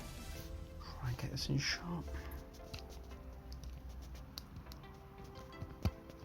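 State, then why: Seated. A crimped wire terminal is pushed into slot two of a plastic connector housing during a motorcycle headlight wiring mod (a headlight switch delete for permanent daytime running lights). Someone talks over a steady tonal background, and a sharp click at 4.4 s marks the terminal seating in the slot, with fainter ticks around 2.7 s, 4.7 s and 5.9 s. The terminal is confirmed located and locked in.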